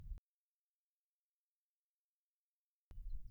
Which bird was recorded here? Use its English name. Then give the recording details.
House Finch. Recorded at Hewlett Harbor on Long Island, New York, on 10 June 1975. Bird E